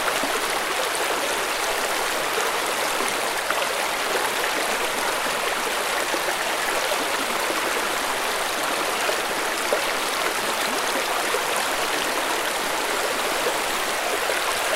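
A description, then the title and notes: A river flows gently over rocks in a steady, dense rush of water that holds the same level for the whole stretch. The sound is bright and close, full of fine splashing and bubbling detail, with almost nothing in the low end. Gently Flowing River in the Forest. The sound of the water flowing gently over the rocks.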